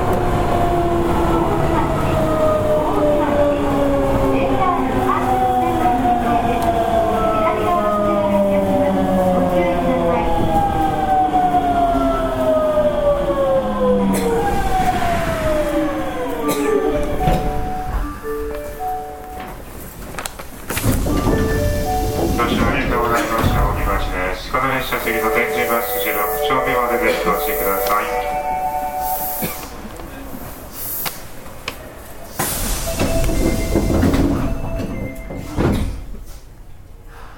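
An Osaka subway 66 series train running, its motor whine gliding steadily downward over the first fifteen seconds as it slows. Rumble, clacks and squeals follow, then a rising, stepped motor tone from about 22 seconds as it pulls away again, with voices mixed in.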